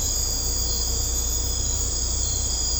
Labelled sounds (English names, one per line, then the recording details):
none
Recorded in secondary vegetation near Puerto Asís, Putumayo, Colombia, on 16 December 2024 at 23:30
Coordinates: 0.502, -76.326
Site G028